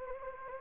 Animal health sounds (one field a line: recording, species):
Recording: mosquito wingbeat signal from an infrared sensor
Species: Anopheles gambiae